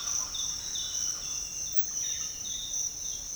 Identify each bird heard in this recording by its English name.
Speckled Chachalaca, Olive Oropendola